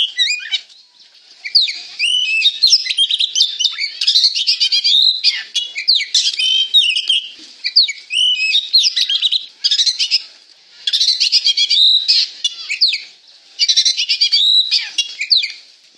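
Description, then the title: Oriental magpie-robin in continuous loud song, mixing sweet whistled notes with rapid chattering trills, phrases separated by brief gaps. Singing vigorously (gacor). "Kacer Gacor"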